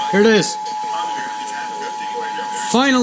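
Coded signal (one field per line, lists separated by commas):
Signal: Emergency Alert System (SAME) tones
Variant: 853 and 960 Hz attention tone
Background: speech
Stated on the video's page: Required Weekly Test on weather radio station WXJ53, and a Georgia Required Monthly Test.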